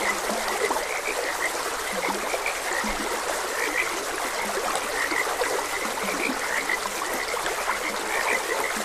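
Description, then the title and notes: Frogs call in a crowded chorus of short croaks repeating without pause, with a soft stream flowing beneath. Frogs croaking beside a gentle stream. "Gentle Stream and Frogs Croaking. Sleep and Relaxation Podcast"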